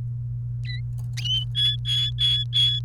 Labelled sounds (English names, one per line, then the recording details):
Domestic Canary song
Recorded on 29 April 2018 at 12:58
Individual llb3